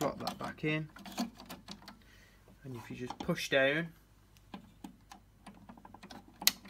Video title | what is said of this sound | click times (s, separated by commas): Change the Printhead on a Mailcoms Mailsend+ Franking Machine | you'll hear it click into place like so | 6.5 s